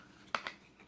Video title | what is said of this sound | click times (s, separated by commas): WeThe People Holster(Watch before you buy) | You know, it's got the audible click you want | 0.3 s